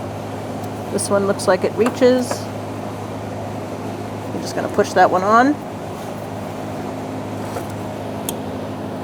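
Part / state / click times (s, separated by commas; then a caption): fuel tank line quick-connector onto tank fitting / not seated / none. Underneath a 2007-2017 Ford Expedition, a fuel or vapor line quick-connect fitting is pushed onto its nipple on the fuel tank while someone talks over a steady low hum. Nothing has seated or clicked in yet; the line is handled but not yet home.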